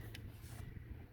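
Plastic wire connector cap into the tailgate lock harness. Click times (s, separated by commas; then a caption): 0.2 s. A plastic wire connector cap is clipped into the tailgate lock harness of a Pop & Lock remote lock/unlock kit on a Toyota Tacoma. One sharp click sounds at 0.2 s over a steady low rumble, and the connector is seated. Someone talks.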